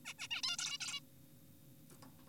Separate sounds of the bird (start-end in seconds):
0.05-0.14, 0.19-0.28, 0.31-0.42, 0.43-0.57, 0.59-0.78, 0.81-1.00